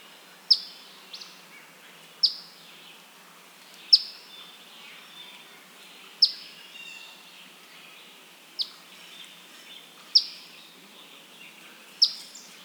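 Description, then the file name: Eastern Phoebe repeating a sharp, high chip note at roughly two-second intervals, each trailing off in a faint slur. "Eastern Phoebe - Sayornis phoebe"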